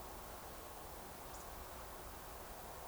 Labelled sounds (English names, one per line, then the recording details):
Eurasian Woodcock whistle
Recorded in Baden-Württemberg, Germany, on 29 June 2020 at 02:34 UTC
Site 43791, 788 m above sea level